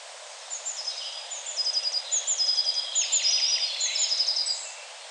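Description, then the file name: Eurasian blue tit: a stream of high, tinkling notes in stepped descending runs for about four seconds over steady background noise. "Cyanistes caeruleus"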